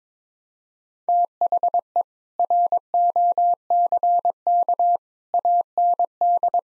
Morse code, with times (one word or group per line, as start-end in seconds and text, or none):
1.1-2.0 THE
2.4-5.0 ROCK
5.3-6.6 AND